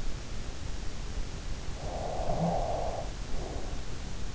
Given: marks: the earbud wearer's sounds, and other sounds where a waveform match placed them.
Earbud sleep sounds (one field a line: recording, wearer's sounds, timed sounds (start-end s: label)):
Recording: sounds in sleep by an in-ear microphone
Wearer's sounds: breath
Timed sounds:
1.01-3.30 s: breath